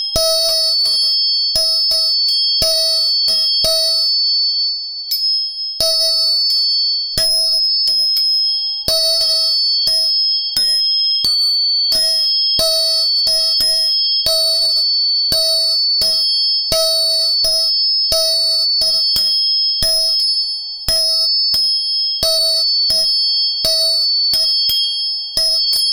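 Three tuning forks ring together in a steady, close chord, a middle tone and two bright high ones held throughout. Sharp striking taps recur every half second or so, with a short gap near five seconds, keeping the ringing loud and even.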